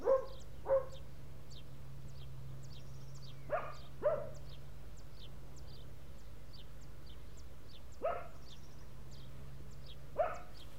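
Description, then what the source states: Dog barks come in scattered pairs and singles with long gaps, over a steady low hum and faint high clicks. Dogs barking in the countryside.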